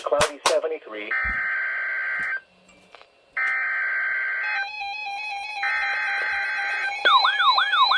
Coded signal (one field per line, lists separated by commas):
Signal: Emergency Alert System (SAME) tones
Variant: header bursts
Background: speech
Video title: 4 Severe Thunderstorm Warnings (4/16/17) (EAS #119-122)